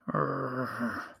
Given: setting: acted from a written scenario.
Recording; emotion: vocal sound without words; anger